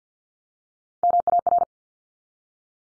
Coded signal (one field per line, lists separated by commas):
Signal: Morse code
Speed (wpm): 50 wpm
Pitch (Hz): 700 Hz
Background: none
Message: MAR